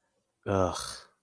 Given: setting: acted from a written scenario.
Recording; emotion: vocal sound without words; contempt